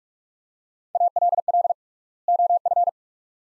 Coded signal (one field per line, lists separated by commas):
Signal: Morse code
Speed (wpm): 47 wpm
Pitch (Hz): 700 Hz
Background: none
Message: ALL OF